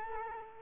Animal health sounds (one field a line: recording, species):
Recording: mosquito wingbeat signal from an infrared sensor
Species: Culex quinquefasciatus